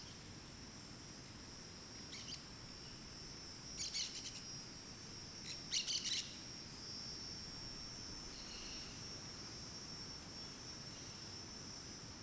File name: Cigarra diferente bem estridente outras cigarras no fundo na mata seca, passaros bem longe